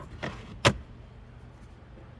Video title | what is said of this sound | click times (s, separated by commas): 2019-2025 Subaru Forester Cabin Air Filter Replacement | install the new filter, stick it straight in and then push up to lock it in. | 0.2 s